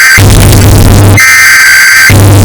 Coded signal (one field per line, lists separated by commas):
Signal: Emergency Alert System (SAME) tones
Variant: header bursts